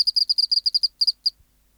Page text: 412:14 Teleogryllus oceanicus (514r2). BioAcoustica. Natural History Museum Sound Archive. Recording Location: BMNH Acoustic Laboratory. Recorded by: W. J. Reynolds. Date Recorded: Mandag, marts 19, 1984. Local time: 1115